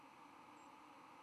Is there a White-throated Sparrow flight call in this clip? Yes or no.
yes